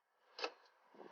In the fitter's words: And you heard it click.